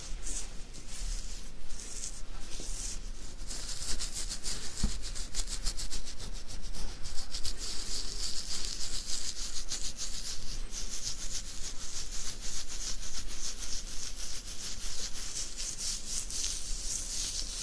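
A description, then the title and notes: Beard scratching makes a dense, continuous bristly rasp with bright crackle, quick irregular strokes and a faint low hum underneath throughout. ASMR INSANE BEARD SCRATCHING.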